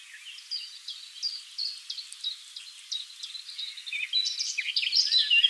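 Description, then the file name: Eurasian blackcap, soft, rapid twittering notes throughout that swell into a louder, more varied warble near the end. "Sylvia atricapilla"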